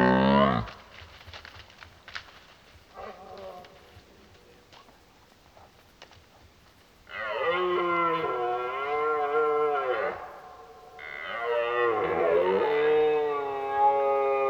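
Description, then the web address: Red deer roaring, a short blast at the start, then two long, wavering, harmonic bellows after a quiet stretch, the second rising and falling. During the rut, while driving the herd. "geluiden Burlen drijven"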